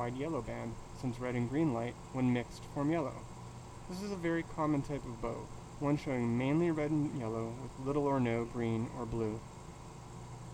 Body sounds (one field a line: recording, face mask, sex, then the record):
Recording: reading aloud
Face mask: surgical mask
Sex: male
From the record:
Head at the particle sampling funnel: tilted down, bridge of the nose in front of it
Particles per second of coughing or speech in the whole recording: 0.515